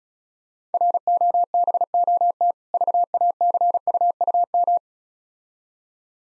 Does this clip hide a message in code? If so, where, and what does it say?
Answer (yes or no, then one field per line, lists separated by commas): yes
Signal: Morse code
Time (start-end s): 0.7-4.8 s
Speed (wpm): 36 wpm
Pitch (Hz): 700 Hz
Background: none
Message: ROBOT VACUUM